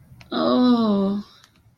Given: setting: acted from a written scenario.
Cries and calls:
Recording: vocal sound without words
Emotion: serenity

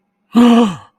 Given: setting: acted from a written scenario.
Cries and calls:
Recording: vocal sound without words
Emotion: fear

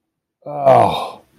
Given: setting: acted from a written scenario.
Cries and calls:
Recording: vocal sound without words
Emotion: disappointment

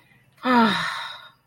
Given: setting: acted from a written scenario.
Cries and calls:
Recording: vocal sound without words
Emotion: awe

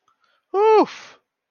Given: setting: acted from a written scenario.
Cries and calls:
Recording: vocal sound without words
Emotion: relief

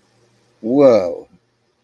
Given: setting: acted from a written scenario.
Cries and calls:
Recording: vocal sound without words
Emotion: contentment

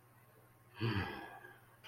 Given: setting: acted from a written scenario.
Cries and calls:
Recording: vocal sound without words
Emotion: contentment

